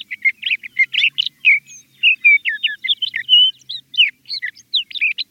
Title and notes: The glorious song of the male Sage Thrasher rings out every spring from tracts of sagebrush throughout the West.